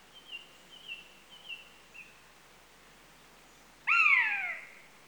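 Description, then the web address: Common buzzard's single loud descending mew near the end, preceded by a few faint, thin high whistles. Two adult birds. "The BBC Sound Effects Library - Complete 60 CDs Collection. Buzzard (Buteo Buteo) Two Adults"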